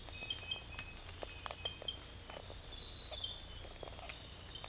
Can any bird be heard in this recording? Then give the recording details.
no. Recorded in secondary vegetation near Puerto Asís, Putumayo, Colombia, on 16 December 2024 at 05:30. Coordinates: 0.481, -76.318. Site G042